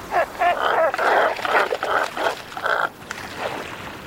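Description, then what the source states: Double-crested cormorant croaks: rough, grunting bursts in a rapid series, becoming quieter after about three seconds. Croaking at their neighbors while loafing and drying their feathers in the sun.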